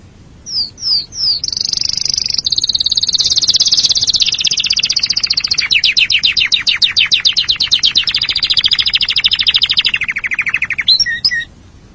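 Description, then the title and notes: Canary song: a few chips lead into a long high rolling trill that gradually slows into distinct pulsed notes and drops in pitch. "Suara Burung Kenari"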